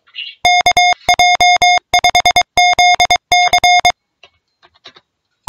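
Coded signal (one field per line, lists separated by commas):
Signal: Morse code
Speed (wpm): 23 wpm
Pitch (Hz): 720 Hz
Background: music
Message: KJ5ZC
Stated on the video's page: Home training for high-speed radiotelegraphy sport using RUFZ software.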